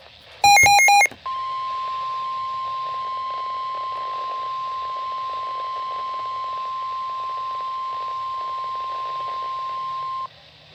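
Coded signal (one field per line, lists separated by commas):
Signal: Emergency Alert System (SAME) tones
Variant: 1050 Hz attention tone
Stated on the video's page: Severe thunderstorm warning on NOAA weather station WXJ28 from the Jacksonville forecast office.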